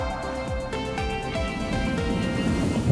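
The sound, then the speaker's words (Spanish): A steady, loud volcanic roar with a deep rumbling base and droning tonal hum, pulsing in regular throbs as lava churns and flows, with no voices. It is an erupting volcano in the Canary Islands in 2021 at dusk, its glowing red magma feeding a lava river and expelling lava and pyroclasts at over 1000 °C. “A su paso ruge con rabia. Así suena.”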